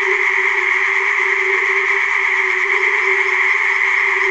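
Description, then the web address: Tree frogs in a dense, unbroken chorus, a steady shimmering drone with a low band and a brighter high band that never pauses. Tree frog chorus from the primeval forest. "Tajemnice puszczy Koncert rzekotek"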